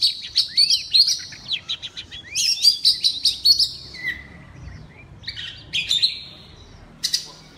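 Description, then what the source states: Oriental magpie-robin: loud bursts of bright whistles and trills, with a few rapid flourishes separated by short silences. Loud song in the 'ngeplong' style of the kacer.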